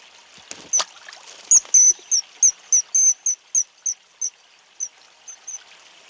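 Kingfisher calls: a brief noise, then a quick run of shrill, high notes that slows and fades toward the end.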